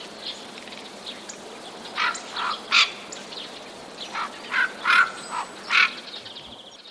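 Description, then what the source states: Eurasian jay making short, dry chattering notes, clustered irregularly after the first two seconds, against a quiet background hiss. Warning call of a jay, 31 March 2013.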